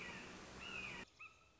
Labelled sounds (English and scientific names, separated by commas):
Red-shouldered Hawk (Buteo lineatus)